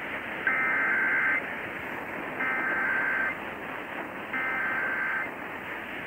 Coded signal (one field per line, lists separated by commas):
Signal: Emergency Alert System (SAME) tones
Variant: header bursts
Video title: Ohio Required Monthly Tests (EAS #944-946)